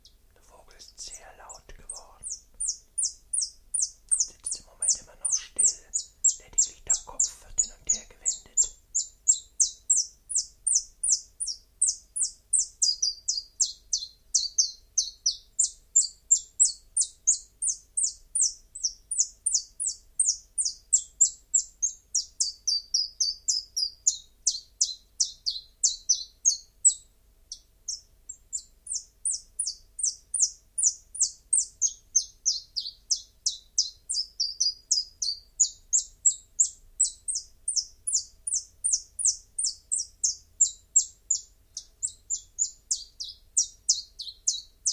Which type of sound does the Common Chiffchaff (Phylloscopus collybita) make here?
song